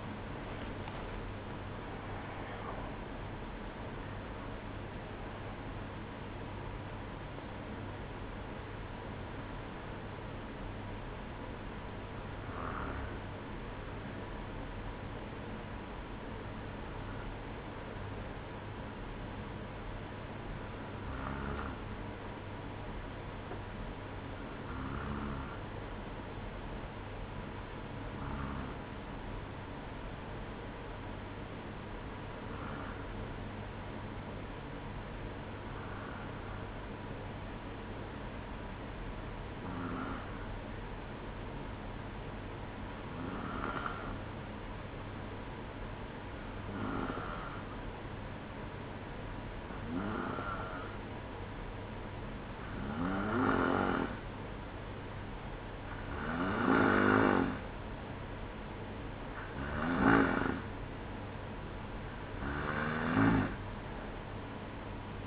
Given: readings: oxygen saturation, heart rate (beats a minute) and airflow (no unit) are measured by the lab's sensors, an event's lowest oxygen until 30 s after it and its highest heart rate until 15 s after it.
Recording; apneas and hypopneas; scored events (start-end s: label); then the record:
breathing in sleep by a voice recorder at the bedside; 1
0.00-11.00 s: awake
7.00-65.27 s: new sleep stage, N1 (lightest sleep)
24.00-53.40 s: hypopnea (N1, oxygen 96% highest, then 93% lowest, heart rate 57 at the start, 62 highest)
From the record:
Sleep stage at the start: awake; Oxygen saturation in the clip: 92 to 96%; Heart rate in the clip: 56 to 70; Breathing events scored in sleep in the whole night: 305 in 9.6 hours asleep